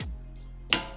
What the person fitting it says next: there we go click